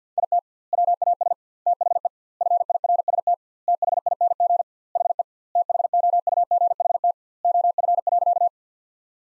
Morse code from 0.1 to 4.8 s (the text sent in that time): IT WAS THE FIRST THING